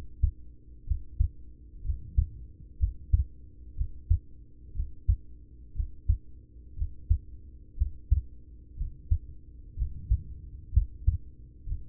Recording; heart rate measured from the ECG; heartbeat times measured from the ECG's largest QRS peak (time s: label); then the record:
heart sounds by stethoscope; 61 bpm
0.84 s: heartbeat
1.81 s: heartbeat
2.76 s: heartbeat
3.74 s: heartbeat
4.72 s: heartbeat
5.72 s: heartbeat
6.74 s: heartbeat
7.74 s: heartbeat
8.74 s: heartbeat
9.74 s: heartbeat
10.70 s: heartbeat
11.64 s: heartbeat
From the record:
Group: heart failure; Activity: rest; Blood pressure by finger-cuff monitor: 105/59 mmHg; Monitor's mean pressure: 74 mmHg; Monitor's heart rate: 61 bpm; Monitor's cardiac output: 5.6 L/min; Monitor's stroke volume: 91 mL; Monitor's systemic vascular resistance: 970 dyn s/cm5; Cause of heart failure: ischemic heart disease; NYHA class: 1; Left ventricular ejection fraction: 33%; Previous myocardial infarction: absent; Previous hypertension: absent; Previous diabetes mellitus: absent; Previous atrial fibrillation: absent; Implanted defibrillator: present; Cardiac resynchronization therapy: absent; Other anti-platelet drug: absent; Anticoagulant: apixaban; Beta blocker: carvedilol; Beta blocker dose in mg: 18.75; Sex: male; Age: 39 years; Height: 168 cm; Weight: 72 kg